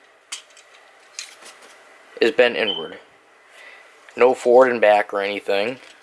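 A plastic leg and foot part of a transforming action figure is handled and moved, giving brief sharp clicks at about 0.3 s and 1.2 s, while someone talks. Nothing has seated or snapped into place yet.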